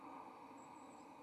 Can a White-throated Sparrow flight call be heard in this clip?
no